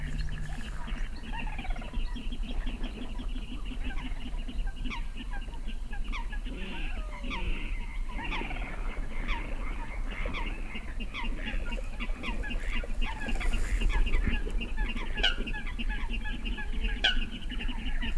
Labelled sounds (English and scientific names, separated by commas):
Little Crake (Porzana parva) call